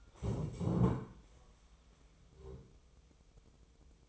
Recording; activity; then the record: daily activity, microphone in the room; stand up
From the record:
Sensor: 1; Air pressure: 1005.2 hPa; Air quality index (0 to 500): 123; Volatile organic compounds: 5 ppm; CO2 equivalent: 1722 ppm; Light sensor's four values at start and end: 11/27/11/12 and 11/26/11/11